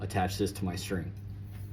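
A plastic nock on a 5 mm arrow is handled next to the bowstring serving while someone talks, with a steady low hum underneath. The nock has not yet snapped onto the string, and nothing has seated or clicked by the end of the clip.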